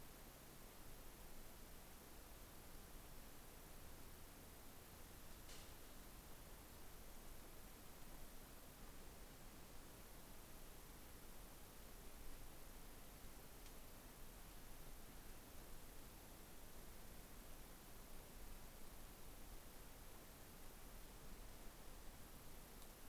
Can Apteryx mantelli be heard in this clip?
no